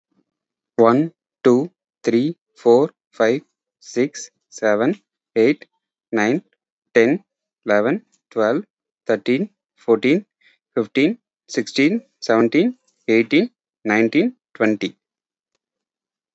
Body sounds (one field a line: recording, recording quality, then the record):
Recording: counting at a normal pace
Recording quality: excellent, no background noise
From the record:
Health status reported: healthy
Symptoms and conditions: none ticked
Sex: male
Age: 34 years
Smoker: not ticked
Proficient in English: yes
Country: India